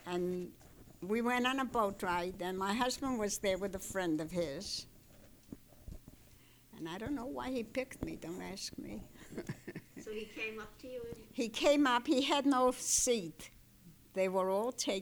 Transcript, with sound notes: And we went on a boat ride, and my husband was there with a friend of his, and I don't know why he picked me. Don't ask me. ( she laughs )
So he came up to you and...
He came up, he had no seat. They were all taken.